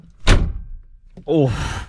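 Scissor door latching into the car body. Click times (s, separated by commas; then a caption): 0.1 s. From inside a Lamborghini Murcielago LP640, the scissor door is pulled shut and latches into the car body with a click at 0.1 s, followed by a heavy broadband thunk. Someone then talks. The latch is confirmed as seated, a satisfying click and ding that sounds less plasticky than the lighter doors on newer models.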